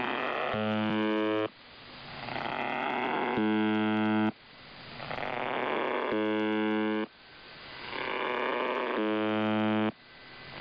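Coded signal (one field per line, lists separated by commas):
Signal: channel marker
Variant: UVB-76 (The Buzzer)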